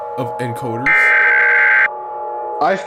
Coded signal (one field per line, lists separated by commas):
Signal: Emergency Alert System (SAME) tones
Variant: header bursts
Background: speech